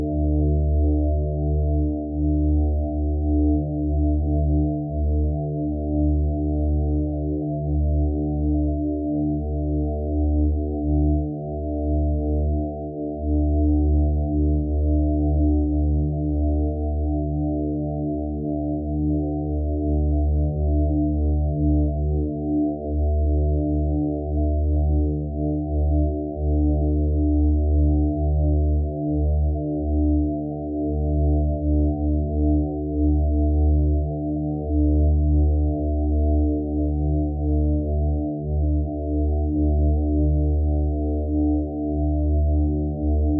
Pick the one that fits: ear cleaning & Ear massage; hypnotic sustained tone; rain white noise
hypnotic sustained tone